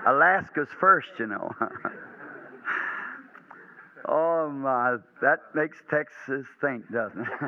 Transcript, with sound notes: Alaska's first, you know. [Brother Branham laughs] Oh, my, that makes Texas think, doesn't it?